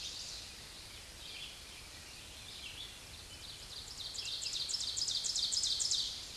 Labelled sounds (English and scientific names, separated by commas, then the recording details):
Ovenbird (Seiurus aurocapilla) song
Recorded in a Pennsylvania forest on 16 May 2024 at 07:33
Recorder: AudioMoth, point MSD-1539
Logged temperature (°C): 16.0 °C
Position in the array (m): 169 m, -26 m